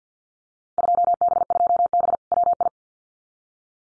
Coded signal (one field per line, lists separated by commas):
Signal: Morse code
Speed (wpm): 48 wpm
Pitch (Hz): 700 Hz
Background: none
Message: 2B2B WI